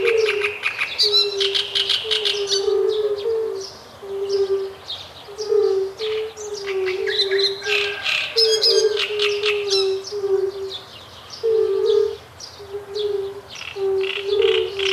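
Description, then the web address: Great reed warbler singing loud grating, croaky phrases that start and stop repeatedly, above a steady series of low mellow hoots from other callers. Heard together with fire-bellied toads. "Ptaki Trzciniak i Kumaki"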